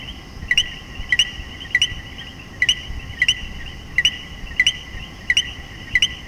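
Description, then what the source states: Common coquí repeating its two-note co-qui call roughly every half second to second, a brief note followed by a rising higher chirp, with a steady chorus behind. Several common coquí frogs calling in Puerto Rico.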